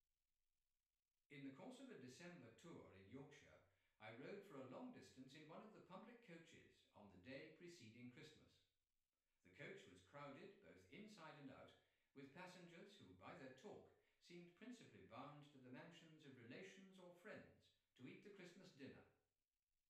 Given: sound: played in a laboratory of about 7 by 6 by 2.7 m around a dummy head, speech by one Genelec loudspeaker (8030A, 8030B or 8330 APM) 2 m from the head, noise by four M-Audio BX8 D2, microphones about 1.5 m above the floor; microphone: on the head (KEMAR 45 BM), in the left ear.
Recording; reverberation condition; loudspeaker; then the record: male speech in English; medium; 150 degrees to the right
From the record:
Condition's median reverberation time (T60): about 510 ms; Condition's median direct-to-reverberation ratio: about -0.5 dB